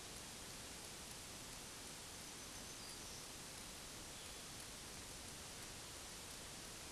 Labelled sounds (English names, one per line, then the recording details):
Black-throated Green Warbler song
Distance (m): 85 m
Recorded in a Pennsylvania forest on 1 June 2023 at 08:50
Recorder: AudioMoth, point grid3_33_high
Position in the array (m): 119 m, 107 m